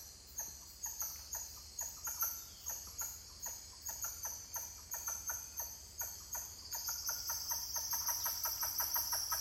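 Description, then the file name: Titi monkey calls: a rapid series of short, pulsing notes over a steady high insect drone. "Titi monkeys calling"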